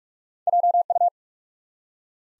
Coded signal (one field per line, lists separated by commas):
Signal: Morse code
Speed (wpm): 44 wpm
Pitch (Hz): 700 Hz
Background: none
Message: JU